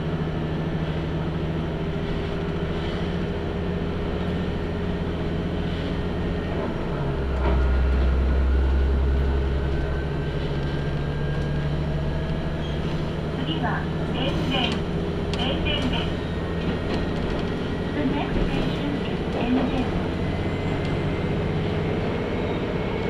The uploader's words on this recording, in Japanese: 天竜浜名湖鉄道 天竜二俣→森町病院前→遠江一宮。天竜二俣でかなり降りて空いた車内。